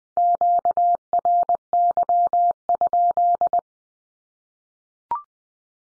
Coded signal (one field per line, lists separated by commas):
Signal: Morse code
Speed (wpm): 20 wpm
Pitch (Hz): 700 Hz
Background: none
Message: QRY?